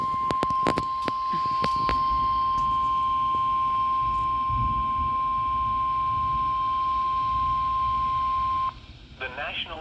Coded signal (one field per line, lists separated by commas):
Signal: Emergency Alert System (SAME) tones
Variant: 1050 Hz attention tone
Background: speech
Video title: Severe Weather Before KIH54 Went Off The Air For Awips Upgrades (EAS Alerts From May 2025)